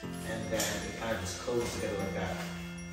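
A Graco Premier Modes Nest Midtown stroller frame folds after both side buttons on the handle are pressed, and its halves close together while someone talks over background music. Nothing has seated or clicked yet; the stroller's folding latch has not engaged by the end of the clip.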